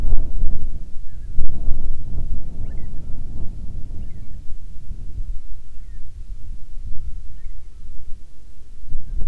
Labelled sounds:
bird
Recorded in the Prudhoe Bay oil fields, Alaska, on 7 August 2019 at 13:54
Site 17

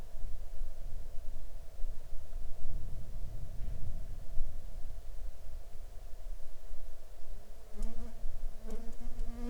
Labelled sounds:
wind
insects
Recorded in the Arctic National Wildlife Refuge, Alaska, on 5 July 2019 at 02:09
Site 43

